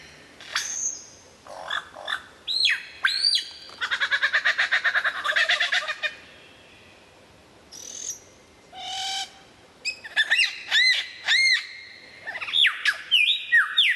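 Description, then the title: White-rumped shama song mixing sharp whistled notes, a long buzzy trill and repeated arched whistles in quick succession. Described as the best murai batu of 2014, used for mastering (song training). "mster Mnuk. Mastering Murai Batu Terbaik 2014"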